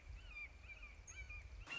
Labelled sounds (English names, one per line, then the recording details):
Red-shouldered Hawk
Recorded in Sonoma County, California